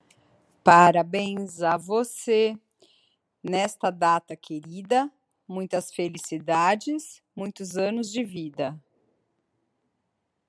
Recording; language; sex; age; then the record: short text; Brazilian Portuguese; female; 30 to 39 years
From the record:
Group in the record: control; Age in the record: 38 years